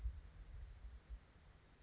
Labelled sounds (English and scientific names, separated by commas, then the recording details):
Anna's Hummingbird (Calypte anna)
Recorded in Sonoma County, California